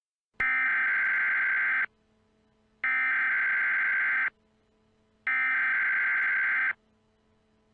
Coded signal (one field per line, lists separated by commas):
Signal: Emergency Alert System (SAME) tones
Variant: header bursts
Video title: EAS MOCK - Evil Darwin Part 1